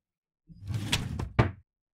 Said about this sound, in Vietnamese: Một lúc sau thì tôi nghe thấy tiếng lạch cạch mở khóa. Tôi đoán chắc là mẹ về.